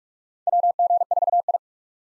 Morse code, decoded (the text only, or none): WG4I